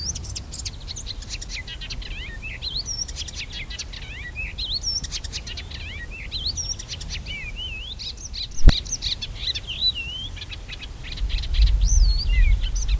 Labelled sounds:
Icterine Warbler song

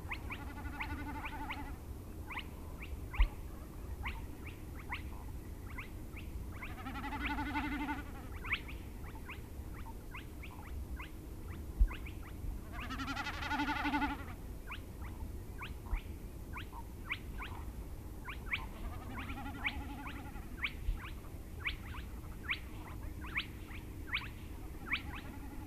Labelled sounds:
Common Snipe bleating

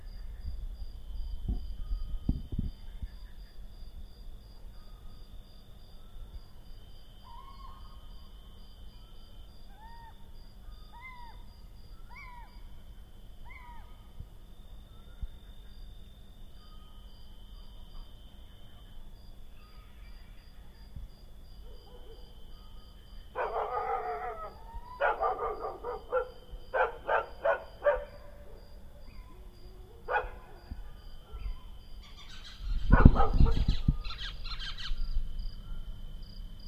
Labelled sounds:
Little Owl call

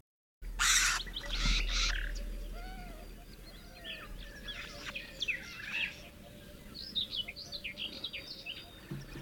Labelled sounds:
Eurasian Hoopoe call

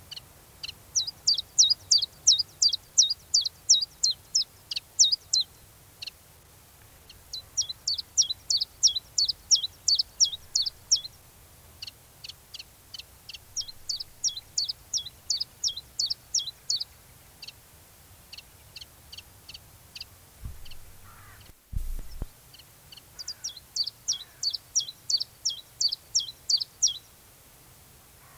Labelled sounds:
Common Chiffchaff song

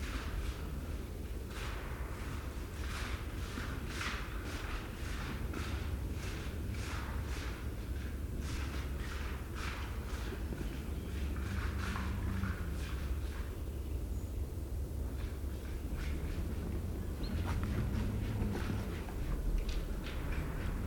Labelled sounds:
Wild Boar call

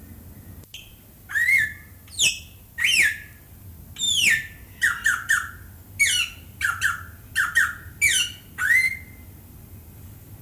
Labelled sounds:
Greater Vasa Parrot call

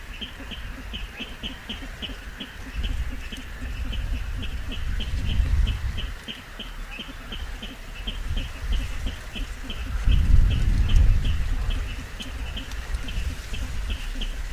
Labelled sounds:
Little Crake call

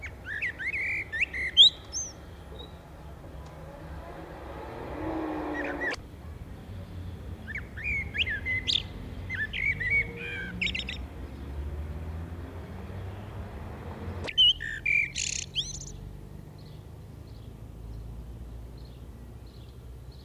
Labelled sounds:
Common Blackbird song

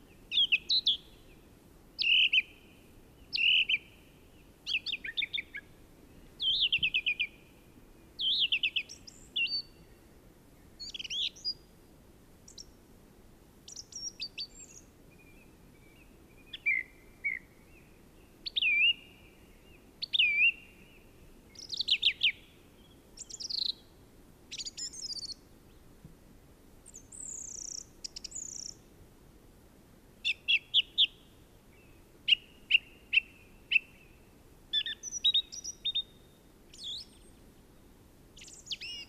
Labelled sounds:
Song Thrush song

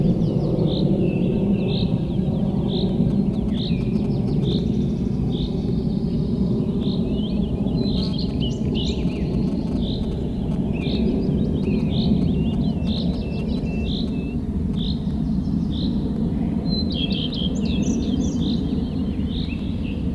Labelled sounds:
Common Redstart song

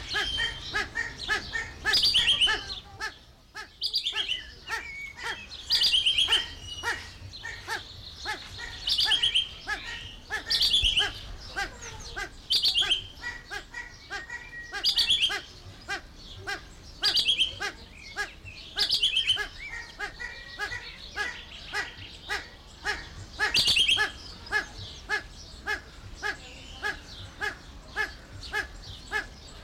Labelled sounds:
Common Green Magpie

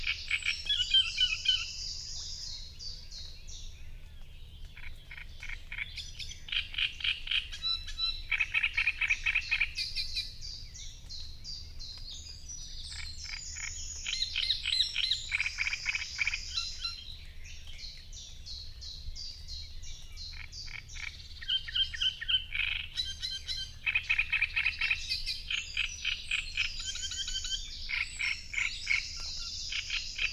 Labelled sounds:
Great Reed Warbler song

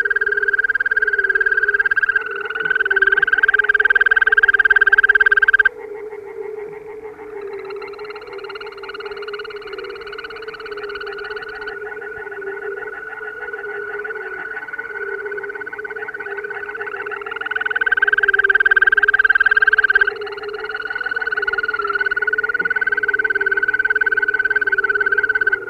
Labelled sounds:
Green Toad call

